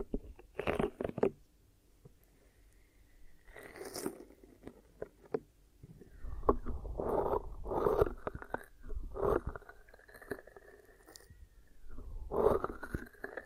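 Ear massage and cleaning with irregular squishy, crackling rubs and taps in bursts, a brief high whistle near four seconds, and quiet pauses.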